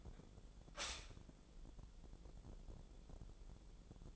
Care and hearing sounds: daily activity, microphone in the room; stop toaster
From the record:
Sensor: 5

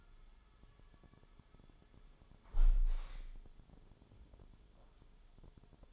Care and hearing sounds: daily activity, microphone in the room; close window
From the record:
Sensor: 5

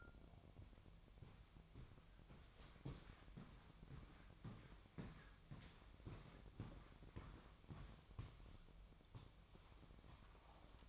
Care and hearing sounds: daily activity, microphone in the room; walk to room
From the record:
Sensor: 1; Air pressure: 999.5 hPa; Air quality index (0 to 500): 198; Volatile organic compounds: 40 ppm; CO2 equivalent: 3152 ppm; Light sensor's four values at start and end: 10/25/10/10 and 9/22/9/9

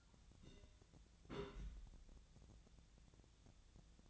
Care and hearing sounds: daily activity, microphone in the room; place on stove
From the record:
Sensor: 3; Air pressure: 1009.9 hPa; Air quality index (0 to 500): 188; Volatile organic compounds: 14 ppm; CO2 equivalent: 2458 ppm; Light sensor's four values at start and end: 42/103/44/48 and 41/103/44/48

